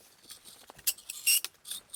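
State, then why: Not seated. Someone handles the center spread bar of a Kakadu Fast Frame 3 instant tent frame, pushing it open toward its hinge lock, with soft rustling and a few small, sharp high-pitched ticks and scrapes. Nothing has seated or clicked yet; the hinge lock is not yet locked when the clip ends.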